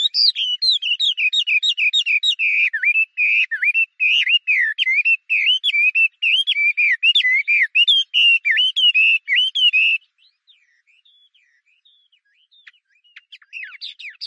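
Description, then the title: Chinese hwamei song, a rapid run of varied whistled notes for about ten seconds, then faint scattered notes. "画眉鸟的叫声"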